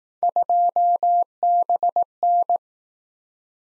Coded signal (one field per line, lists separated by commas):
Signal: Morse code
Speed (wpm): 18 wpm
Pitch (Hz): 700 Hz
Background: none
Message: 2BN